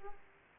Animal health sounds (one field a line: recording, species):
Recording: mosquito wingbeat signal from an infrared sensor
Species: Aedes aegypti